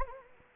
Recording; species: mosquito wingbeat signal from an infrared sensor; Anopheles arabiensis